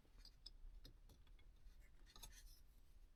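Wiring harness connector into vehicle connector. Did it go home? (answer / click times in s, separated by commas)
no / none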